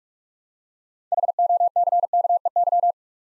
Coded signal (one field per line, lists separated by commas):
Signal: Morse code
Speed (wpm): 44 wpm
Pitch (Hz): 700 Hz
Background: none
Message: HOCKEY